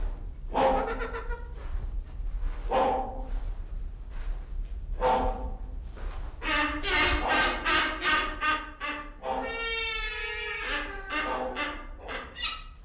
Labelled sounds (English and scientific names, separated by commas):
Silvery-cheeked Hornbill (Bycanistes brevis) call